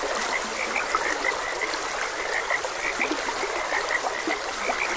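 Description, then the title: Frogs giving many rapid, clipped croaks, with a trickling stream running steadily underneath. Frogs croaking beside a gentle stream. "Gentle Stream and Frogs Croaking"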